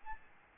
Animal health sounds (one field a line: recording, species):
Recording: mosquito wingbeat signal from an infrared sensor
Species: Aedes albopictus